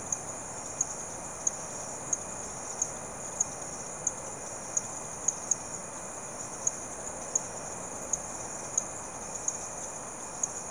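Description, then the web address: Insects in a dense chorus, a steady piercing drone punctuated by crisp ticks repeated roughly every half to one second. Insects calling in the late evening, rural South America. "The BBC Sound Effects Library. Frogs And Insects, Late Evening"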